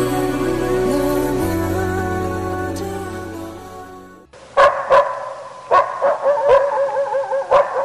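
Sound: dog barking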